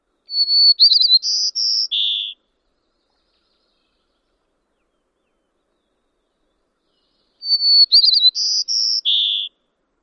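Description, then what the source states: White-crowned Sparrow song given twice, about seven seconds apart: a pure whistled introduction, then jumbled fluttering notes and a lower buzzy ending. Song varies between subspecies across the country; whistled introduction followed by jumbled whistles and buzzes; mnemonic "more, more, more cherries, peas, pink.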